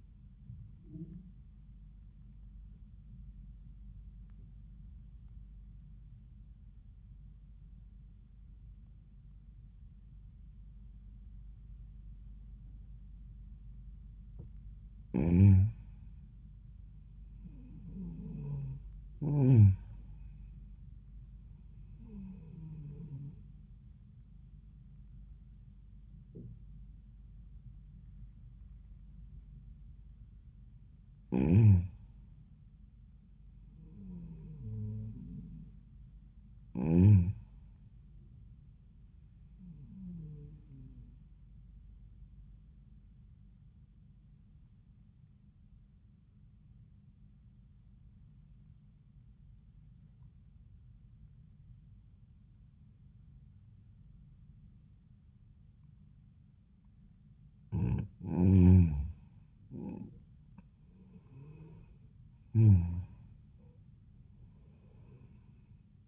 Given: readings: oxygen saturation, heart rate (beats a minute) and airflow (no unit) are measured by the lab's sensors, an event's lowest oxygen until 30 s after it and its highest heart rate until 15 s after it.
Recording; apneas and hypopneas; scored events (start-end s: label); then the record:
breathing in sleep by a smartphone at the bedside; 2
4.00-17.30 s: obstructive apnea (N1, oxygen 95% highest, then 89% lowest, heart rate 77 at the start, 81 highest)
44.00-59.40 s: obstructive apnea (N1, oxygen 95% highest, then 86% lowest, heart rate 78 at the start, 82 highest)
From the record:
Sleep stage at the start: N1 (lightest sleep); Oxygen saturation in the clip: 88 to 95%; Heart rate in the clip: 74 to 82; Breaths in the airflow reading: 7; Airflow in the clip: -6.0 to 7.5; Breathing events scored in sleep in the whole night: 400 in 8.7 hours asleep